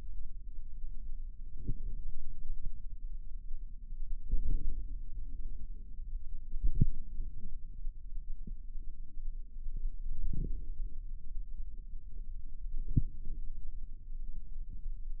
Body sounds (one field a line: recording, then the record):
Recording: forearm muscle sounds (acoustic myography)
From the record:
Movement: radial deviation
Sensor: system 2, bracelet of six BSWA MPA416 microphones around the upper forearm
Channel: 4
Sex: female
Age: 23 years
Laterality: right